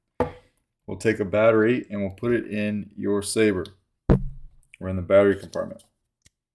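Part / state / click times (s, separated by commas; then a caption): battery into lightsaber chassis battery compartment / seated / 6.3 s. Someone talks while a cylindrical battery is pressed into the battery compartment of the Goth Master internal chassis of a Proffie-equipped Luke Skywalker lightsaber. A faint click at 6.3 s marks the battery snapping into place, fully seated.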